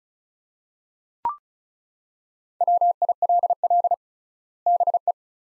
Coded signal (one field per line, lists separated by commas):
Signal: Morse code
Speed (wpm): 34 wpm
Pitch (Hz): 700 Hz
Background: none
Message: WILL BE